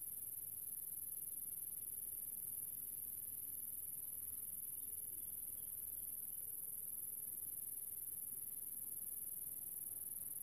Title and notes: Grasshopper. in a small town called General Alvear. I found myself in the middle of the countryside under the summer sun and this little grasshoper appeard